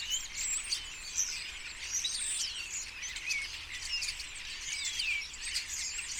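Common starling flock calling: many rising and falling whistles and chirps overlap in a steady, lively chatter.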